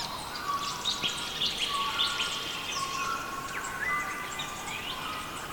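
Several birds sing together, mixing clear whistled notes, sliding phrases and quick chirps over a soft constant hiss.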